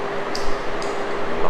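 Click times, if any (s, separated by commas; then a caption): 0.3 s. The slide on a miniature metal keychain pistol is pulled back until the slide lock catches and holds it open, with a sharp click at 0.4 s and a second, fainter one near 0.8 s. Someone talks over a steady background hum. The slide locks back and stays open.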